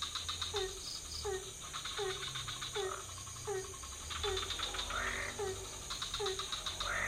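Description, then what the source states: Frogs: several frogs call together; a sliding low note repeats steadily beneath higher rattling trills, with a low rumble in the background. Several frog species calling at night in a pond near a hotel in Ubud, Bali, Indonesia; motorbikes passing; recorded with Sony PCM D50, Rode NT4 and boompole.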